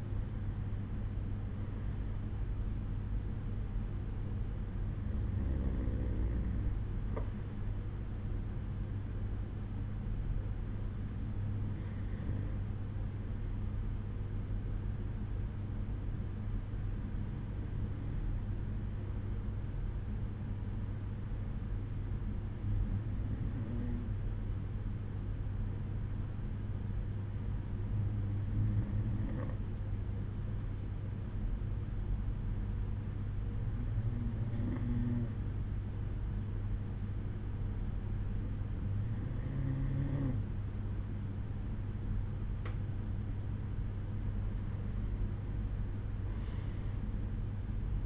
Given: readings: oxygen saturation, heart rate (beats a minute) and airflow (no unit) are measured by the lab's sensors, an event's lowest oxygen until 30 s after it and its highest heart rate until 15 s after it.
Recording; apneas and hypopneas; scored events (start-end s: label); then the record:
breathing in sleep by a smartphone at the bedside; 1
11.00-39.20 s: hypopnea (REM, oxygen 95% highest, then 92% lowest, heart rate 64 at the start, 69 highest)
From the record:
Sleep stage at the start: REM sleep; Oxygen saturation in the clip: 93 to 95%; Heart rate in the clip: 62 to 69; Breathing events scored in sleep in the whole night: 187 in 7.2 hours asleep